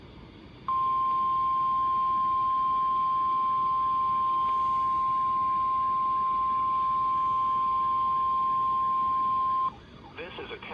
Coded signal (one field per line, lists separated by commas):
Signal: Emergency Alert System (SAME) tones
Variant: 1050 Hz attention tone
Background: speech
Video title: EAS #780-792 - August & September RWTs